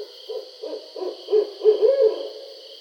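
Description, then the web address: Barred owl giving a run of low hoots that get louder toward a slurred ending note, against faint constant hiss. Recorded 20 July 2012. "Barred Owl 2012 07 20 Barred Owl 01"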